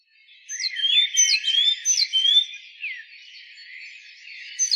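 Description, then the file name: Great tit calls: a rapid burst of high, sliding whistles and sharp downward sweeps in the first half, fading into quiet chatter, with a final short burst at the end. "Parus major"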